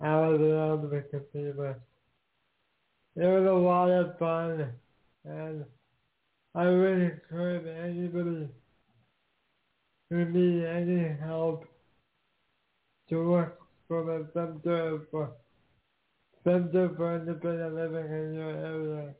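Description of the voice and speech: Slow, effortful adult male speech broken by long pauses, with blurred consonants and a repeated phrase: dysarthria from a genetic disease of unknown origin similar to cerebral palsy, with quadriplegia. Intelligibility is reduced, so only some listeners understand everything, and a communication app is used to aid speaking.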